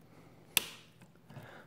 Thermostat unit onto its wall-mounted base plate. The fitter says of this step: right so you hear that click and you hear that everything seems to be in or